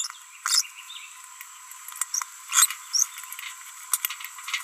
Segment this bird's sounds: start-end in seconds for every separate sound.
0.46-0.66, 2.14-2.23, 2.51-2.74, 2.94-3.05